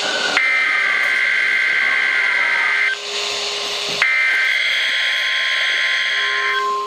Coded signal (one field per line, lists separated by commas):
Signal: Emergency Alert System (SAME) tones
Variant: header bursts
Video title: Required Weekly Test (EAS #513)